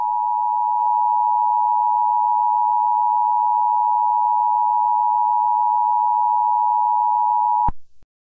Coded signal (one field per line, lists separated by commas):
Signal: Emergency Alert System (SAME) tones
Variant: 853 and 960 Hz attention tone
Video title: EAS Scenario 1: Red Mist (Squidward Creepypasta) (100 subscriber special)